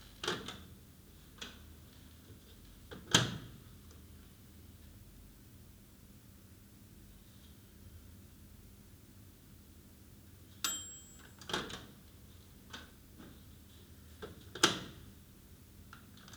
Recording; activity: daily activity, guitar pickup as the sensor; use microwave